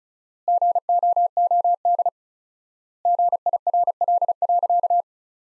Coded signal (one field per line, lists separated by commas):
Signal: Morse code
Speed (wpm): 36 wpm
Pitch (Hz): 700 Hz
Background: none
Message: GOOD GIRL.